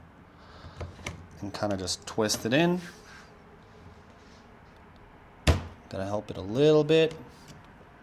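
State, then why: Not seated. Someone talks while twisting and pushing the second wrist pin retainer, a spring steel clip, into its groove in the aluminum piston pin bore during a Pentastar 3.6 short block rebuild. Faint metallic taps are heard around 0.8 s and 1.1 s, and a sharp, loud tap at 5.5 s. The clip has not yet seated or clicked home.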